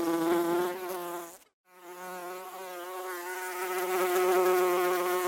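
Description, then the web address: Bee buzzing: a steady, low, droning hum with a rich harmonic tone, cut off by a short silence near the start, then resuming evenly and swelling slightly toward the end. "пчела"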